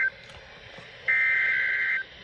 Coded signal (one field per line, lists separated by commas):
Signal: Emergency Alert System (SAME) tones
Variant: header bursts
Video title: High Wind Warning EAS#195-NWR